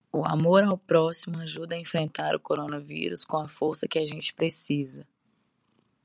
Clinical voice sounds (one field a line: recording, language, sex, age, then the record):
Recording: spoken sentence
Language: Brazilian Portuguese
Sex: female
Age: 30 to 39 years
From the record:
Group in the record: control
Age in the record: 32 years